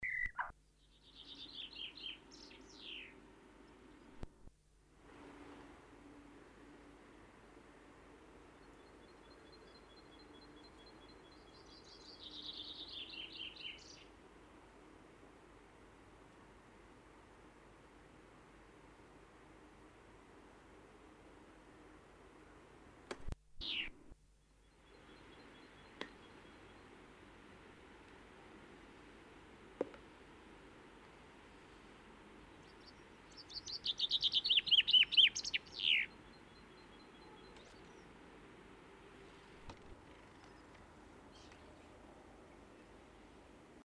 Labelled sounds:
Common Chaffinch (Fringilla coelebs) song, Great Tit (Parus major)

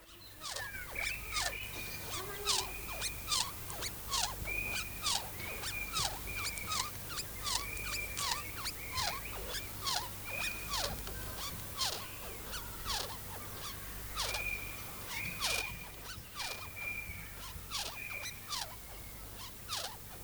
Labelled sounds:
Cerambyx Longicorn (Cerambyx cerdo) stridulation

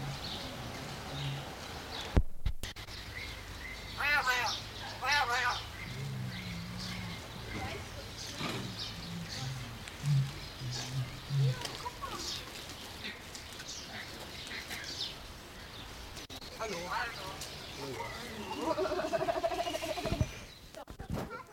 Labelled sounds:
Common Hill Myna (Gracula religiosa)

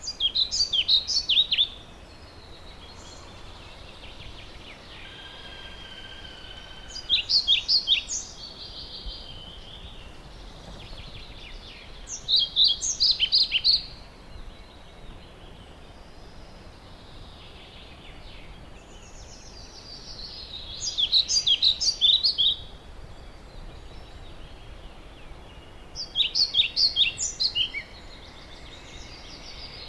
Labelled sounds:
European Pied Flycatcher (Ficedula hypoleuca) song

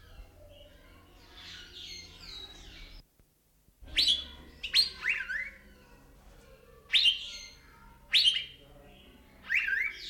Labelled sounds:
Asian Fairy-bluebird (Irena puella)

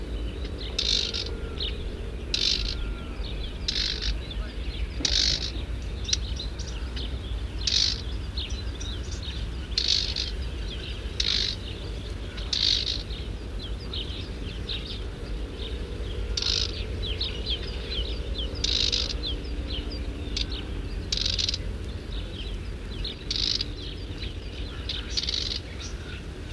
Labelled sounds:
Marsh Warbler (Acrocephalus palustris) call

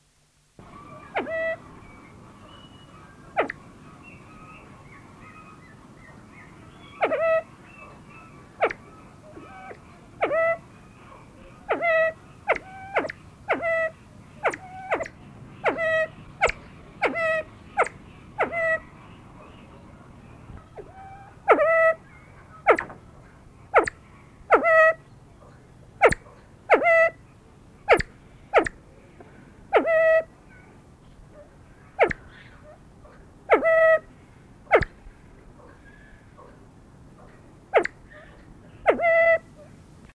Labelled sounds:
Siamese Fireback (Lophura diardi) call

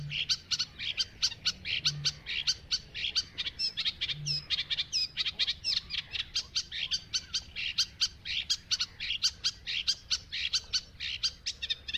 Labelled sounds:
Eurasian Reed Warbler (Acrocephalus scirpaceus)

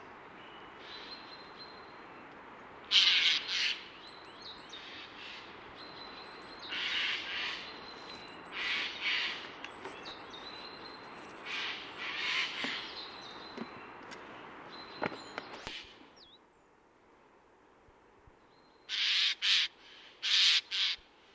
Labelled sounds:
Eurasian Jay (Garrulus glandarius) song

